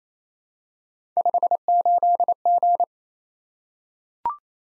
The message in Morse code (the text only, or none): 58G